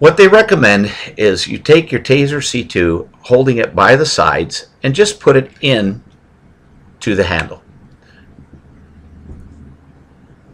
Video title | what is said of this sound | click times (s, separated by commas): Loading Your TASER C2 | it's not quite snapped in place now if you had enough strength you could continue and pull | none